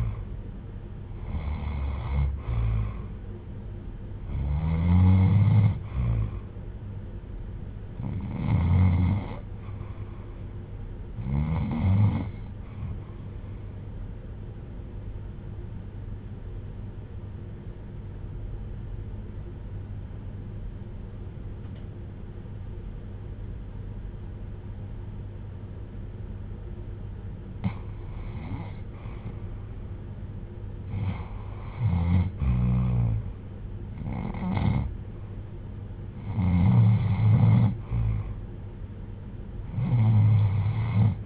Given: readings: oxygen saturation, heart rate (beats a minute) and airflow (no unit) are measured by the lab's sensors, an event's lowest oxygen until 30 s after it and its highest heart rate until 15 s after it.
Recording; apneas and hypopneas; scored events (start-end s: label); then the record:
breathing in sleep by a smartphone at the bedside; 1
11.00-29.70 s: hypopnea (REM, oxygen 95% highest, then 84% lowest, heart rate 71 at the start, 80 highest)
From the record:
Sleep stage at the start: REM sleep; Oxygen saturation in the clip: 78 to 95%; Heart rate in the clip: 69 to 80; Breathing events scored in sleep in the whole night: 310 in 8.1 hours asleep